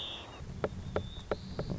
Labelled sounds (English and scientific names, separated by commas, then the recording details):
White-crowned Sparrow (Zonotrichia leucophrys)
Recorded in Sonoma County, California